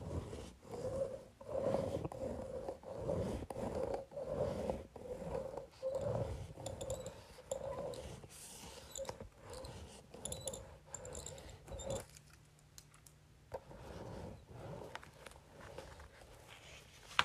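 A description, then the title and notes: A facial roller rolls back and forth across paper, a low, grinding rumble with a faint steady whine running under it. Strokes come in quick regular pulses for the first eight seconds, then grow softer and scattered, with a brief pause near twelve seconds. Facial Roller on Paper.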